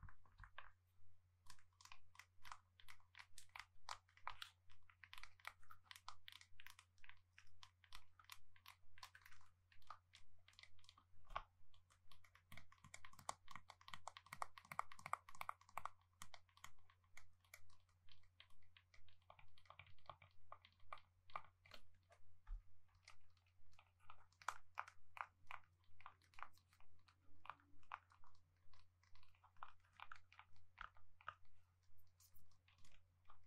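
Gentle tapping in quick, irregular bursts of light clicks runs throughout, over a steady low hum, with a brief pause near twenty seconds.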